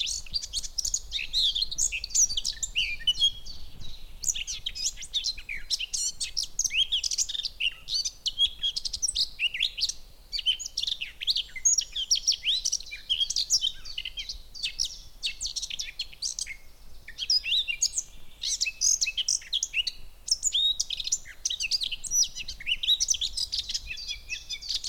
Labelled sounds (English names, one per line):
Eurasian Blackcap